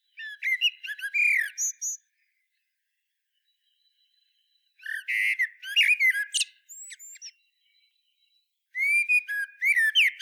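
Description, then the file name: Common blackbird singing rich warbled phrases mixed with thin, high squeaky notes, in three bursts separated by quiet gaps. "Turdus merula"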